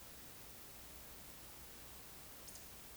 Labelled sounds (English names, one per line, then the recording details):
Eurasian Woodcock whistle
Eurasian Woodcock croak
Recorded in Baden-Württemberg, Germany, on 11 June 2021 at 20:25 UTC
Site 24606, 635 m above sea level